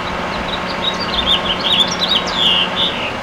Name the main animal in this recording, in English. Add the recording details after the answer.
House Finch. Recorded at Patchogue on Long Island, New York, on 21 June 2013. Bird G